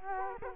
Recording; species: mosquito wingbeat signal from an infrared sensor; Culex quinquefasciatus